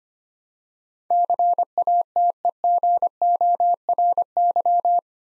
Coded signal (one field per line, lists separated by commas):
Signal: Morse code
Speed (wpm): 25 wpm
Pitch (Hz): 700 Hz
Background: none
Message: CATEGORY